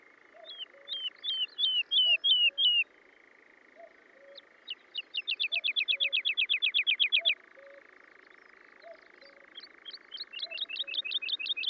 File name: British Library - ZHavoronok Lesnoj